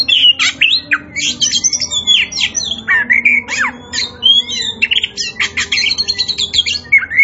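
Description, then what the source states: Oriental magpie-robin in lively song, quick harsh chatters interwoven with clear rising and falling whistles. Kacer poci type of Oriental magpie-robin, singing in gacor style (vigorous, continuous song).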